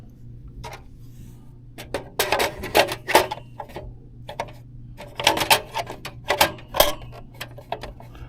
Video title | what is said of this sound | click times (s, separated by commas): Will This Dell Power Supply Replacement + External PSU Hack Work? | That just snaps into place. | 5.3 s